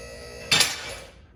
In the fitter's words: so now that's locked into place.